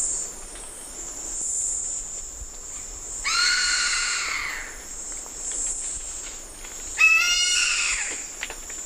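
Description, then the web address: Black caracara calls, two raspy screams a few seconds apart, set against a steady high-pitched insect whine. Calls, eastern lowlands of South America. "S America Eastern Lowlands Daptrius ater, calls"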